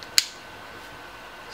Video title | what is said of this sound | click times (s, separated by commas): Victorinox Swiss Army Golf Tool With Callaway Golf Balls | you hear the click so | 0.2 s